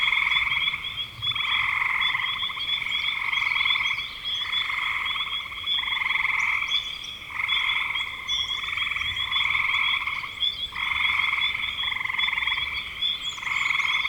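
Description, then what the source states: Frog chorus of rhythmic rattling trills, bursts separated by short lulls, with a steady high-pitched tone throughout. Spring frogs recorded in 2025.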